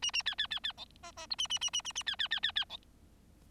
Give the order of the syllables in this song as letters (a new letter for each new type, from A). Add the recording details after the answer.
A A B B B B C D D E A A A A A A B B B B B C. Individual Bird4